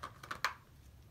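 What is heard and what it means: A plastic organic vapor cartridge is pressed and turned onto the bayonet fitting of a 3M half-face respirator mask after some struggling. A few light clicks come at about 0.0, 0.2 and 0.3 seconds, then a louder, sharper click at 0.4 seconds as the cartridge seats. A quiet, steady hum follows.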